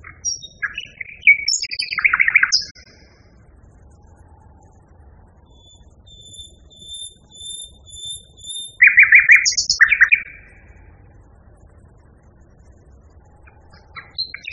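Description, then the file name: Common nightingale song: rich churring phrases around two seconds, a pause, then a thin series of repeated high whistled notes and another loud rattling burst. Nightingale song variation. "kicauan nightingale b variasi. omkicau"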